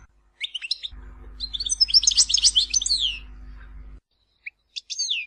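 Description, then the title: European goldfinch twittering song, a quick jumble of high tinkling notes over a low steady hum, followed by a few separate chirps. "Chant Chardonneret"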